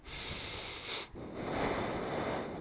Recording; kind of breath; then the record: one breath in and out by a microphone near the nose and mouth; deep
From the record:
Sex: male